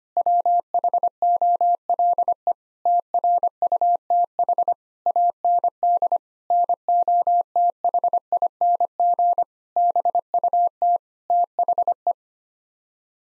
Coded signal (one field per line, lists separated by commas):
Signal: Morse code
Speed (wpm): 25 wpm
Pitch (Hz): 700 Hz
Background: none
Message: WHOLE TRUTH AND NOTHING BUT THE